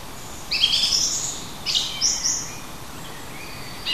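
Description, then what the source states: Songbird singing high, thin whistled phrases with quick sliding notes in two short bursts, then a brief note at the end, over a steady background hiss. Native hedge bird, June.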